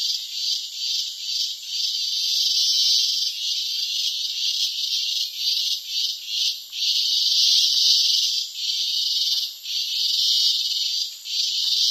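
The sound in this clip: Cicada song: harsh continuous buzz, rising and falling in quick pulses, with steadier stretches of a second or more between.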